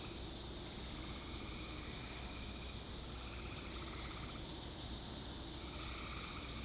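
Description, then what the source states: Crickets chirping in a steady chorus, with high pulsed trills repeating evenly over a constant low rumble. Cricket ambience.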